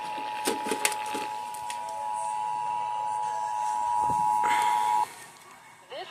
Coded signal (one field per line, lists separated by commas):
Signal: Emergency Alert System (SAME) tones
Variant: 853 and 960 Hz attention tone